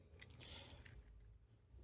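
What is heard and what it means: The legs of a plastic transforming robot toy, a Legacy Deluxe Optimus Prime, are brought back, and a small plastic peg is pushed into its socket to hold the vehicle mode together. Light plastic handling rustles around the sharp snap of the peg seating at 0.3 s, with softer ticks near 0.2 s and 0.9 s. The peg is confirmed seated in place.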